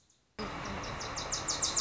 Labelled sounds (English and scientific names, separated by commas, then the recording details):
Wilson's Warbler (Cardellina pusilla)
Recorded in Sonoma County, California